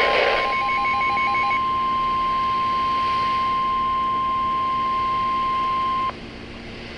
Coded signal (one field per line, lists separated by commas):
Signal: Emergency Alert System (SAME) tones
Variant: 1050 Hz attention tone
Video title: Severe Thunderstorm Warning (EAS #23)